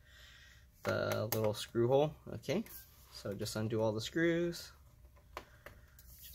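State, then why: Released. Someone talks while a captive Phillips screw in the bottom cover of a Lenovo ThinkPad T480S laptop is undone with a PH1 screwdriver. At 5.4 s it clicks free of the threaded chassis screw hole and stays held in the panel, followed by a couple of quieter ticks near 5.7 and 6.0 s.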